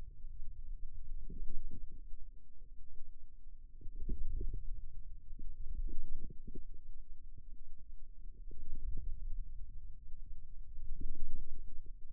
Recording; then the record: forearm muscle sounds (acoustic myography)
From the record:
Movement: wrist extension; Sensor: system 2, bracelet of six BSWA MPA416 microphones around the upper forearm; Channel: 5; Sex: male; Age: 22 years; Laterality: right